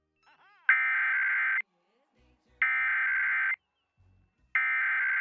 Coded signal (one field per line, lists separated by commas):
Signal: Emergency Alert System (SAME) tones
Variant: header bursts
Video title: PBS Kids Sign Off With EAS (2023 Maine Public)